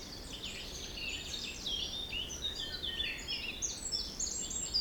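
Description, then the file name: Bird chorus of bright, high warbling and chirped notes from several singers at once, continuous throughout, against a rushing wind hiss. Forest in spring, windy weather of force 3 Beaufort, recorded at 1 pm. "Forest Spring Birds Windy 3 bft 1 pm"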